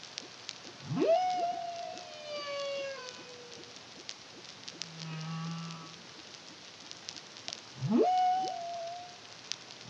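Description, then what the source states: Humpback whale song: a fast rising whoop flattening into a held tone, a brief low hum midway, then another whoop, with snapping crackle throughout. Caribbean, CARIMAM project, 2023.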